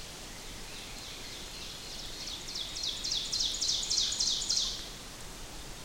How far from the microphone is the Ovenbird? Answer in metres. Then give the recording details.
about 55 m. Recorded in boreal forest in Alberta, Canada, on 6 June 2016 at 08:40. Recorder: SongMeter 3, array SBT-3-51. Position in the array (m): 227 m, 183 m. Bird 28